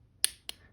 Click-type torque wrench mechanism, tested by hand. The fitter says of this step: click it with my hand